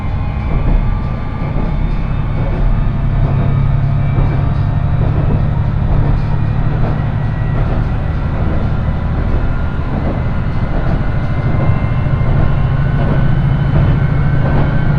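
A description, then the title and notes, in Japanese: A single-car local railbus rolls along at steady speed, its engine a constant low drone with a rumble beneath. Fast, fairly regular rattles and clicks from the wheels run throughout, and a faint high whine sits above the steady din. 伊勢鉄道 四日市→津。四日市から河原田までの2駅はＪＲ区間に乗り入れ、あとは伊勢鉄道内を走ります。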